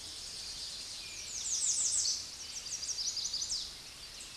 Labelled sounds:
Chestnut-sided Warbler (Setophaga pensylvanica) song
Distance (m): 25 m
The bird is about 5 m above the microphone
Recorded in a Pennsylvania forest on 16 May 2024 at 06:00
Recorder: AudioMoth, point MSD-0526
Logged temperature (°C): 16.6 °C
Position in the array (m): 81 m, 221 m

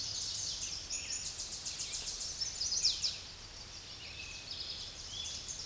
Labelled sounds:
Chestnut-sided Warbler (Setophaga pensylvanica) song
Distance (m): 25 m
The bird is about 10 m above the microphone
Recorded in a Pennsylvania forest on 16 May 2024 at 07:10
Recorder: AudioMoth, point MSD-2349
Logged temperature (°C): 15.8 °C
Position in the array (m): 35 m, 44 m

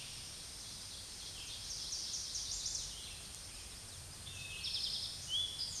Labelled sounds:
Eastern Towhee (Pipilo erythrophthalmus) song
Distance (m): 40 m
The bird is about 10 m above the microphone
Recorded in a Pennsylvania forest on 16 May 2024 at 06:10
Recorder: AudioMoth, point MSD-2083
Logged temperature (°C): 16.7 °C
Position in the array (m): 108 m, 6 m

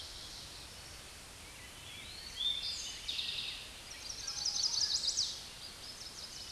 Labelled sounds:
Chestnut-sided Warbler (Setophaga pensylvanica) song
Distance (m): 35 m
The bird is about level with the microphone
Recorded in a Pennsylvania forest on 16 May 2024 at 09:54
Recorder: AudioMoth, point MSD-1338
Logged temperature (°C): 12.6 °C
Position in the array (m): 91 m, 62 m

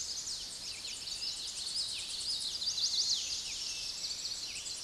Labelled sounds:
Chestnut-sided Warbler (Setophaga pensylvanica) song
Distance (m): 15 m
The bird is about level with the microphone
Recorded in a Pennsylvania forest on 16 May 2024 at 06:01
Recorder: AudioMoth, point MSD-2208
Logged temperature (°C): 15.2 °C
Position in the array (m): 157 m, 75 m

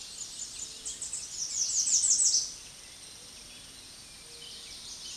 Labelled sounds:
American Redstart (Setophaga ruticilla) song
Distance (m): 5 m
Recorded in a Pennsylvania forest on 16 May 2024 at 06:07
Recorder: AudioMoth, point MSD-2027
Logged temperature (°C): 15.6 °C
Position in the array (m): 105 m, 231 m

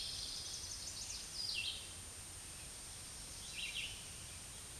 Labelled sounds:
Red-eyed Vireo (Vireo olivaceus) song
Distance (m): 10 m
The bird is about 5 m above the microphone
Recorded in a Pennsylvania forest on 16 May 2024 at 07:53
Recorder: AudioMoth, point MSD-2083
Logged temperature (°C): 16.7 °C
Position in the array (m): 150 m, 28 m

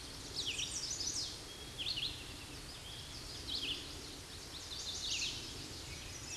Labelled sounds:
Red-eyed Vireo (Vireo olivaceus) song
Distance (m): 40 m
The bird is about 5 m above the microphone
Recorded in a Pennsylvania forest on 16 May 2024 at 07:12
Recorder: AudioMoth, point MSD-2258
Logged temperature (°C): 15.2 °C
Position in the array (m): 129 m, 50 m

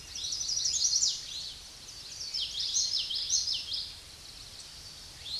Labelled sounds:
Common Yellowthroat (Geothlypis trichas) song
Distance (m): 15 m
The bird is about 10 m above the microphone
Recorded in a Pennsylvania forest on 16 May 2024 at 07:17
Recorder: AudioMoth, point MSD-1342
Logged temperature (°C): 15.5 °C
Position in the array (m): 233 m, 174 m

